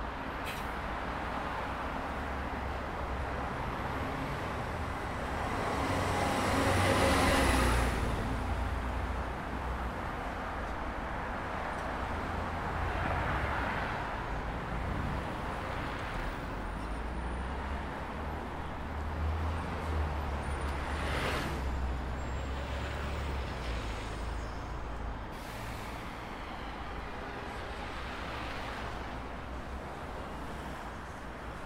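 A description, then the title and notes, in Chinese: City sounds: a steady, dense wash of traffic rumble fills the whole stretch, heaviest in the low end. A louder vehicle swells past around seven seconds, and brief sharp clatters stand out near 21 and 25 seconds over the continuous urban hum. 坐在300快外晒太阳｜城市声音。很喜欢300快外公交，坐在二层的第一排，被太阳从头到脚晒着，很浪漫。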